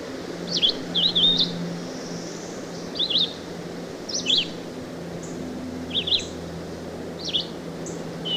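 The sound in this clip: Red-eyed vireo singing brief, sharp, up-and-down whistled phrases at short, irregular intervals, with a low steady hum underneath.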